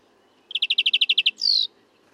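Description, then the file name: European greenfinch call: a quick run of about ten clipped chirps, then a single drawn-out buzzy note. "Chloris chloris"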